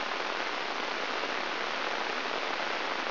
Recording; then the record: brain microelectrode recording played as sound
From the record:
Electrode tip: inside the subthalamic nucleus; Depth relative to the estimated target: 2 mm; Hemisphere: right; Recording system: AlphaMap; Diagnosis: Parkinson's disease